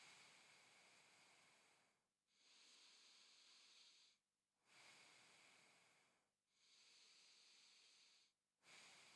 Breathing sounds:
nose breathing near a microphone
0.00-2.14 s: exhalation
2.14-4.39 s: inhalation
4.39-6.44 s: exhalation
6.44-8.34 s: inhalation
8.34-9.16 s: exhalation
From the record:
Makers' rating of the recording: medium

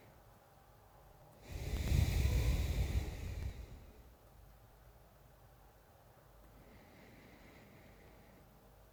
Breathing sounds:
nose breathing near a microphone
0.00-0.25 s: inhalation
1.22-4.17 s: exhalation
6.33-8.75 s: inhalation
From the record:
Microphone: phone

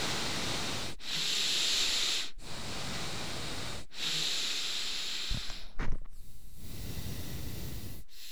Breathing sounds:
nose breathing near a microphone
0.00-1.08 s: exhalation
1.08-2.32 s: inhalation
2.32-3.92 s: exhalation
3.92-6.26 s: inhalation
6.26-8.03 s: exhalation
8.03-8.32 s: inhalation
From the record:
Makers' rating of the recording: medium

